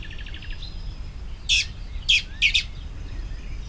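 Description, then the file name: Common blackbird uttering three loud, rasping call notes about half a second apart, after a brief high trill, over low background rumble. "Turdus merula"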